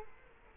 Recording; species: mosquito wingbeat signal from an infrared sensor; Culex quinquefasciatus